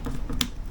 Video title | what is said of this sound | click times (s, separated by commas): MeCanik Reddot Kutu Açılımı Ve İncelemesi--Canik METESFT PRO Reddot Montaj--Reddot Artıları Eksileri | Redd da gördüğünüz gibi tık diye oturuyor tık sesi geliyor | 0.4 s